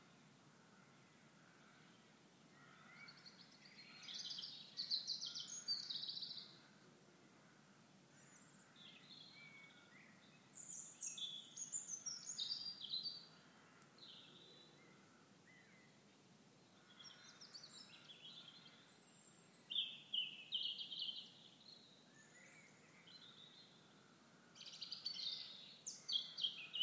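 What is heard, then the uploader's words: Birds sing in a dawn chorus, several voices overlapping in bright, quick chirps and trills that come in bursts around 4–6, 11–13, 19–21 and 25–27 seconds, over a faint, steady low rumble. The moment the dawn chorus starts, recorded in March 2015 in the Pentland Hills outside Edinburgh in Scotland.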